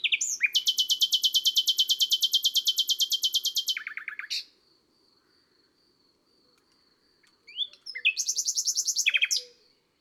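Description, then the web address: Common nightingale song: a long rapid trill of repeated high notes, a pause with a faint thin whistle, then another fast rattling trill. April. "Avril Le Rossignol philomele. les-4-saisons-des-chants-doiseaux"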